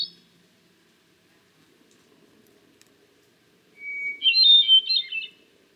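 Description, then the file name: Hermit thrush delivering a single song phrase late: a held whistle leading into a fluty cascade, over a faint low background hum. "Hermit Thrush - Catharus guttatus"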